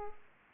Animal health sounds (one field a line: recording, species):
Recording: mosquito wingbeat signal from an infrared sensor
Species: Aedes aegypti